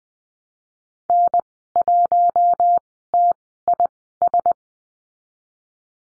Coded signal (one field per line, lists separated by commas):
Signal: Morse code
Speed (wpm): 20 wpm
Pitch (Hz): 700 Hz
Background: none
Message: N1TIS